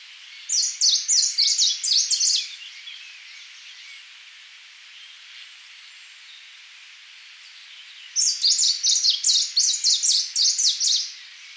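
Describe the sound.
Nitidus song: a fast series of thin, high notes lasting about two seconds, a long quiet gap, then another similar rapid phrase.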